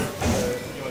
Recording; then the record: coughing mixed with background sound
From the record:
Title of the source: Mid-morning Winter Coughing Fit